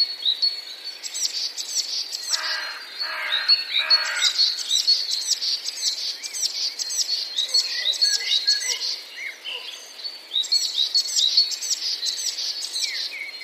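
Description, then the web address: Eurasian blue tit singing: bursts of rapid, high, silvery trill notes repeated in phrases, with a few lower chirps early on. "wroblowe teka spiew. wroblowe teka modraszkoteka"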